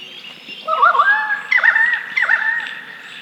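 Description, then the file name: Pied currawong giving ringing, tonal calls with bending notes, three phrases over about two and a half seconds, each sliding and wavering, over a faint low background hum. "Pied Currawong Strepera graculina"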